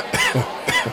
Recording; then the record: coughing mixed with background sound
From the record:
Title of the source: Dry Afternoon Cough